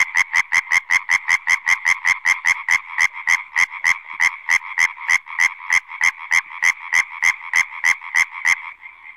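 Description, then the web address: European tree frog calling, a rapid train of harsh croaks repeated steadily for over eight seconds, with nothing else audible. "Fotoim Hangok Hyla arborea"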